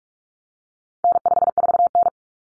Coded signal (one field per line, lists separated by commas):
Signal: Morse code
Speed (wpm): 44 wpm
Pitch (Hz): 700 Hz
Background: none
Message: N54N